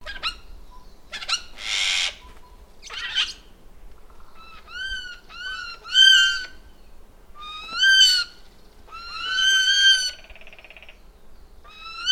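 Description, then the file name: Eurasian jay calls: a few harsh, rasping screeches early on, then a series of nasal, mewing notes with rich harmonics, each slightly rising then falling, given in irregular bursts. "Garrulus glandarius"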